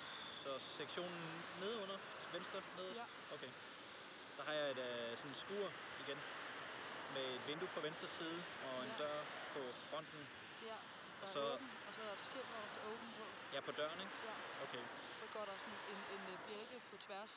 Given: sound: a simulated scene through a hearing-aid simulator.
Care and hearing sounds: conversation; traffic; +4 dB SNR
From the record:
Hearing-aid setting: II (fast-acting compression, audibility-based gain, advanced features for about 2.5 dB of SNR improvement); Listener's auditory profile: C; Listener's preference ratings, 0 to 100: 30, 19, 19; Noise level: 75 dB SPL

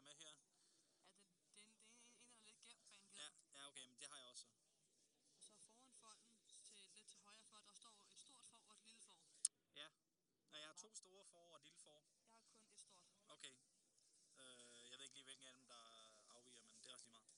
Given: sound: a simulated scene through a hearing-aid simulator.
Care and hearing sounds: conversation; quiet; 55 dB SPL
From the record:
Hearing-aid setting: III (slow-acting compression, loudness normalization, advanced features for about 2.5 dB of SNR improvement); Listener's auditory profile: D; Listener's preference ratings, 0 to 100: 94, 93, 100

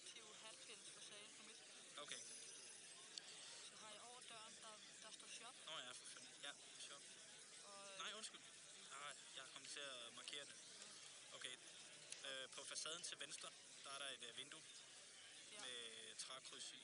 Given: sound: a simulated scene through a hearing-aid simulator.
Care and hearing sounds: conversation; cafeteria; +4 dB SNR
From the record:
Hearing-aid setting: II (fast-acting compression, audibility-based gain, advanced features for about 2.5 dB of SNR improvement); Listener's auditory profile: B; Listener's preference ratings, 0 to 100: 72, 61, 58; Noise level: 65 dB SPL

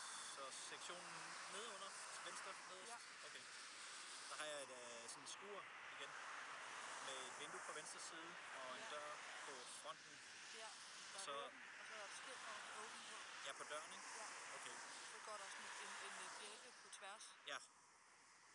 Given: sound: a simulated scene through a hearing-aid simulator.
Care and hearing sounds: conversation; traffic; 0 dB SNR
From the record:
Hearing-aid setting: III (slow-acting compression, loudness normalization, advanced features for about 2.5 dB of SNR improvement); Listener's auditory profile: D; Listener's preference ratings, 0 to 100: 64, 18, 20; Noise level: 75 dB SPL

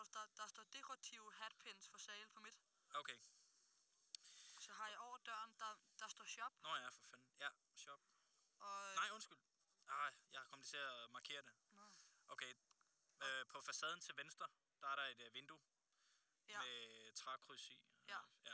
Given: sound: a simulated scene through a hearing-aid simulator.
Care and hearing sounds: conversation; quiet; 75 dB SPL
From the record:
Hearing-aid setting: IV (slow-acting compression, loudness normalization); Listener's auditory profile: C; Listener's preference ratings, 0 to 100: 93, 50, 95

